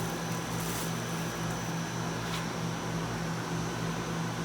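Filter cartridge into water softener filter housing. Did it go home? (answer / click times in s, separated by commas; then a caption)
no / none. A new water filter cartridge is lined up in the water softener's filter housing, felt for the lip at the bottom before seating. Only a steady, even hum with low tonal droning runs through the clip, with no distinct knock or click. The cartridge has not seated or clicked into place yet.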